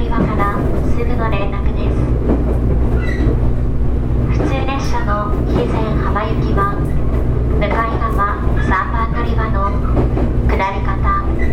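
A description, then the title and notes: A JR Kyushu 811 series local train runs along the Kagoshima line with a steady, heavy low rumble and a constant hum underneath. Voices of passengers talk on and off throughout, rising in short bursts above the continuous rolling noise. JR九州 811系 けやき台から鳥栖まで. JR九州 811系電車の走行音です。 鹿児島線の普通列車で録音しました。 It is running sound of JR Kyushu 811 series train. I recorded on a local train on the Kagoshima line.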